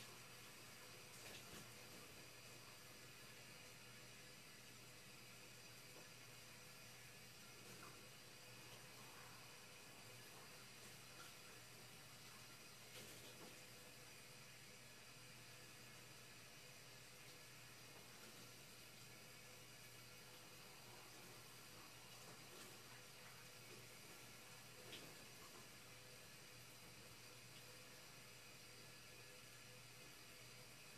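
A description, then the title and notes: A shower runs somewhere at a distance, a steady, even hiss of water that fills the whole clip without letting up. A low hum sits underneath, and faint soft knocks or clicks break through now and then, around 1, 8, 13 and 25 seconds. Opening and closing of various tops. Shower sounds from a distance.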